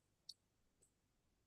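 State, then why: Seated. Two halves of a 3D-printed plastic snap-back bag charm, printed without supports, are pressed together by hand. They snap shut with a sharp, bright click at 0.3 s, followed by a softer, fainter tick around 0.8 s against quiet background noise. The charm snaps together as expected and is fully seated.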